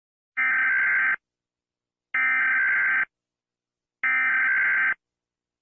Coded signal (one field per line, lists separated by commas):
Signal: Emergency Alert System (SAME) tones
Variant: header bursts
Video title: EAS Alarms animated 7